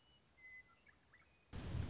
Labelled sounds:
Western Meadowlark
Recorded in Sonoma County, California

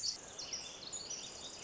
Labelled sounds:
Pacific Wren
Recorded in Sonoma County, California

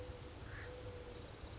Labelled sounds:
Acorn Woodpecker
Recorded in Sonoma County, California

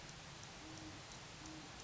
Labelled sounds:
Great Horned Owl
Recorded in Sonoma County, California

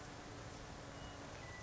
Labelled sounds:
Western Meadowlark
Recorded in Sonoma County, California

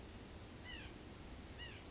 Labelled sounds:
White-breasted Nuthatch
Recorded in Sonoma County, California

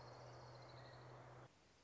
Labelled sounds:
Orange-crowned Warbler
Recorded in Sonoma County, California

